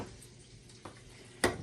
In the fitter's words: make sure that the l's are aligned plugs right in should hear a click okay